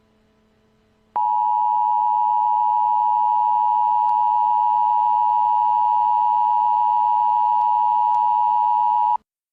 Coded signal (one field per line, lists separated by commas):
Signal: Emergency Alert System (SAME) tones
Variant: 853 and 960 Hz attention tone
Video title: THE BIOHAZARD. a EAS scenario